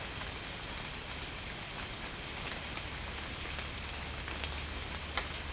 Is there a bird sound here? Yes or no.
no